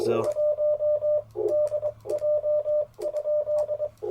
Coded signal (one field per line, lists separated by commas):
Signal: Morse code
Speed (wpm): 22 wpm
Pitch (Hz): 590 Hz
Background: speech, radio noise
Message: 1 DJ?